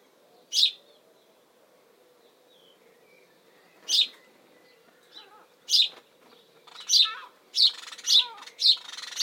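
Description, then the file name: House sparrow giving loud, sharp chirps: a few widely spaced single notes at first, then a quicker run of several chirps toward the end. Chirp calls in spring, Suffolk, UK. "Bird House Sparrow UKSuffolk Spring Calls Chirp"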